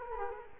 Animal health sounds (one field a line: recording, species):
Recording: mosquito wingbeat signal from an infrared sensor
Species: Culex quinquefasciatus